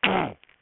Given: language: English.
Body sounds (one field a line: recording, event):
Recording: throat vibration sensor signal played as sound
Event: throat clearing